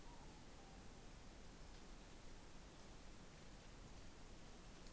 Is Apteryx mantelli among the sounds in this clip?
no